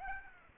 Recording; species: mosquito wingbeat signal from an infrared sensor; Aedes aegypti